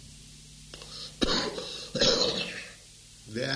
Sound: coughing

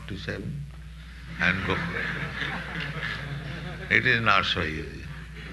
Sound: laughter

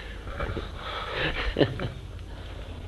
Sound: laughter

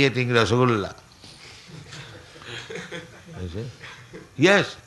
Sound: laughter

